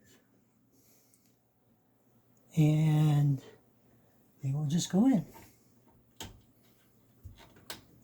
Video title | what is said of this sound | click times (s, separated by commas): Computer Build Overview with the be Quiet! Pure Base 500 DX Black and B450M DS3H MB | again you'll hear it click on make sure it's in there good that's | 6.2 s, 7.7 s